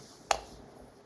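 On a second attempt, a small machine screw is turned backwards in a threaded hole on a motor mount until its thread drops in. A single sharp click sounds at 0.3 s over faint background hiss. The screw's thread is seated and ready to be tightened.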